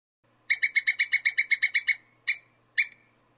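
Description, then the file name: Squirrel chattering call: a fast burst of about a dozen harsh, clipped notes, then two separate single notes after short pauses. "suara bajing. omkicau"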